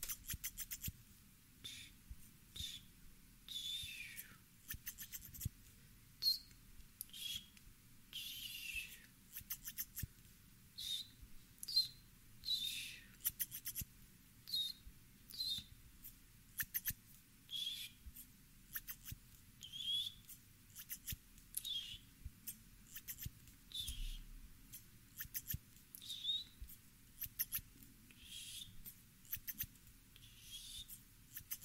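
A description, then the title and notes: Scissors snip, cutting hair with crisp, bright clicks and slices. The snips come in quick bursts roughly every second, some trailing into short sliding rasps, with a faint low hum underneath and no voices. CUTTING HAIR ASMR NO TALKING, ASMR HAIRCUT, ASMR CUTTING YOUR BANGS, ASMR SCISSORS SOUNDS.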